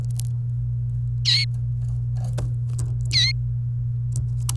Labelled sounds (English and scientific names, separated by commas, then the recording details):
Domestic Canary (Serinus canaria) song
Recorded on 28 April 2018 at 10:04
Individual llb3